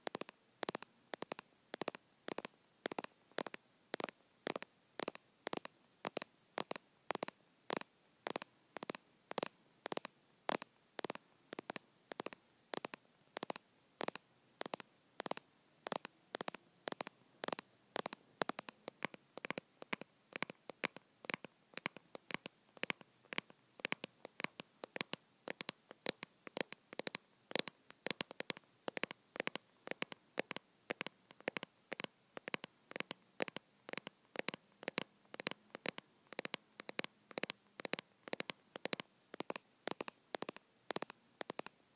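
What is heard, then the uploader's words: Fake nails tap on a phone in a steady, unhurried rhythm, about two taps per second for the whole stretch. Each click is short and crisp, with near silence between. The taps stay even throughout, with no other sounds in the background. Phone tapping with fake nails. Slowly tapping my phone screen and then case with press-on nails.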